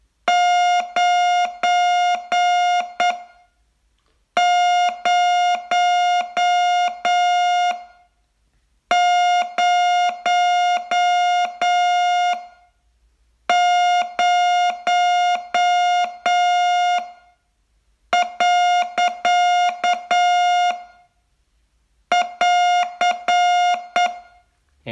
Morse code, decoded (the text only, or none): 9000.<AR>